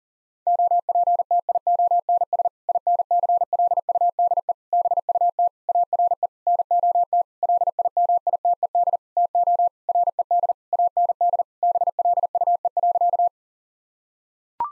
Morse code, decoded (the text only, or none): OPTIONS INCLUDE BUT ARE NOT LIMITED TO RED AND BLUE.